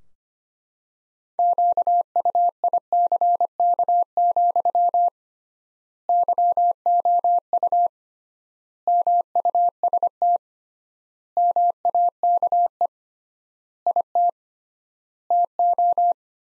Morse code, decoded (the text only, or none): QUICK, YOU MUST MAKE IT TO